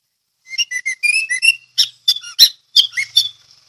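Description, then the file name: Orange-headed thrush song: quick string of thin whistled notes at varying pitches, followed by sharper, scratchy notes. Ngeplong song style. "anis merah ngeplong"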